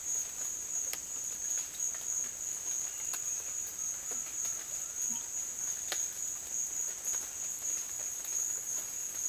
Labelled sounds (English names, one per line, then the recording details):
none
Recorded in dense forest near Puerto Asís, Putumayo, Colombia, on 25 June 2025 at 14:30
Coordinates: 0.484, -76.325
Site H65